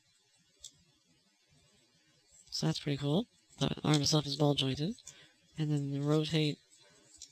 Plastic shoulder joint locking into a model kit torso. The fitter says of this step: It locks into place with one click.